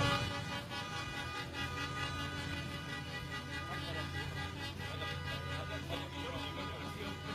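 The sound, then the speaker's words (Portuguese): Car horns honk over a steady, loud rumble of street traffic in the rain, passing through the tunnel linking the city centre to Avenida Tiradentes while following the Estádio 97 limousine, their tones held and overlapping throughout, with voices mixed into the noisy din. “Vamos buzinar aí. Vamos buzinar.”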